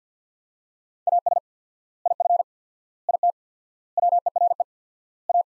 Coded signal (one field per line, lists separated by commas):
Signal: Morse code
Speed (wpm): 50 wpm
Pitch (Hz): 700 Hz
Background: none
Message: AS IF IT WERE A